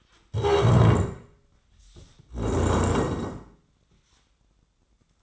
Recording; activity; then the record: daily activity, microphone in the room; stand up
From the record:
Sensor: 3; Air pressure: 1012.3 hPa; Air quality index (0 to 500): 172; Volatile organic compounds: 3 ppm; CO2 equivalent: 1323 ppm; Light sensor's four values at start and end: 107/231/112/127 and 84/192/91/102